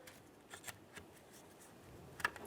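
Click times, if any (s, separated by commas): 2.2 s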